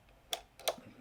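A plastic and metal counterweight is slid onto the rear end of the tone arm of a Fluance RT82 turntable, numbers facing forward, and clicks on at 0.3 s. A second sharp click of similar loudness follows at about 0.7 s, and the counterweight is seated.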